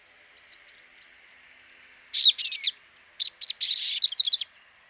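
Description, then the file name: Olive-backed sunbird calls: after a quiet start, a short burst of sharp high sweeping notes, then a quick chattering run of bright chips, over faint high background whistles. "Cinnyris Frenatus"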